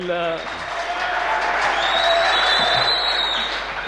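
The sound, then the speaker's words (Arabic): An audience applauds with steady, dense clapping that holds loud for about four seconds, with faint voices and a brief cheer mixed into the crowd noise. “هو اللي قبليه ما كانوش يستحقوا تشجيع ولا إيه؟”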